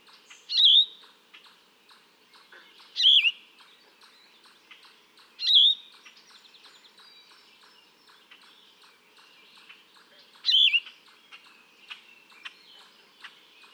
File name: Yellow-throated Vireo